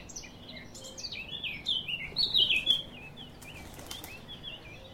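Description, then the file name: Eurasian blackcap song: a brief, fairly quiet warble rising to a few louder whistled notes midway, then fading into scattered soft notes and background noise. "Sylvia atricapilla"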